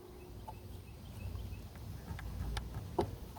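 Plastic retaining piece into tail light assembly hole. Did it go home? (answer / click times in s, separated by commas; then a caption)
yes / 3.0 s. A small loose plastic retaining piece is pushed into a hole on the tail light assembly of a 2014–2020 Acura MDX during a brake light bulb replacement. Faint taps and handling noises come at about 0.5, 2.2 and 2.6 seconds over a low background hum. The piece clicks into place with a sharp click at 3.0 seconds.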